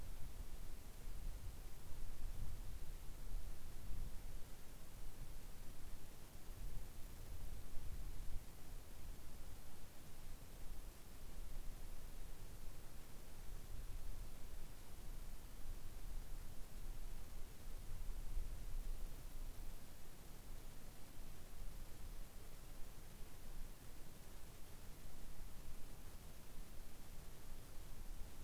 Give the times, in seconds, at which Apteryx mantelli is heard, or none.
none